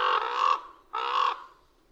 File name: Common Raven